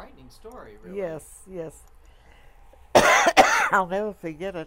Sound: coughs

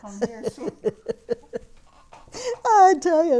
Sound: she laughs

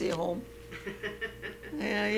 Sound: laughs

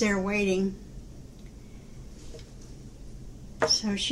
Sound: knocks table

